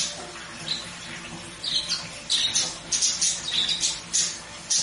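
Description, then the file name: Budgerigar chatter: quick scratchy squawks, becoming a denser burst of rapid notes in the second half. White budgerigar, singing. "canto do periquito australiano branco"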